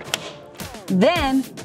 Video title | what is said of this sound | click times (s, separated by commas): Barbie® Dreamhouse® Step by Step Assembly Video - 2023 with 3-Story Spiral Slide - AD | sure you press until you hear a click so that it's fully assembled | 0.1 s